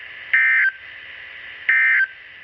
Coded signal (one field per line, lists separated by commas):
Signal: Emergency Alert System (SAME) tones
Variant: end-of-message bursts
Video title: SVR | EAS #931